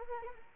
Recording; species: mosquito wingbeat signal from an infrared sensor; Anopheles arabiensis